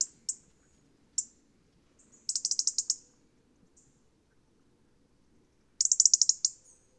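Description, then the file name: European robin giving sharp, high ticking calls, single ticks early then two rapid bursts of ticks; otherwise quiet. "Erithacus rubecula"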